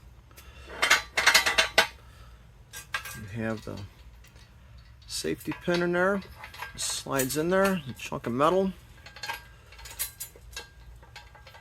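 A metal safety pin is handled at a steel 6-ton VEVOR double-locking jack stand column, giving sharp metallic clinks and clunks around 0.9 to 3.0 s and lighter taps later while someone talks. The pin is being slid toward the column, but nothing has seated or clicked yet.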